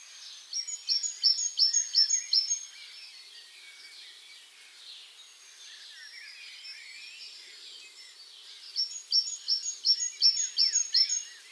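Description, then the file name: Great tit song: two bursts of quick, high, see-sawing phrases, with softer chirps in the pause between them. "Parus major"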